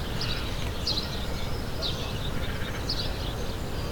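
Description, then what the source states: Birds: bird calls as sharp high chirps about once a second, with softer twittering between them over a low steady hum. Recorded in the morning.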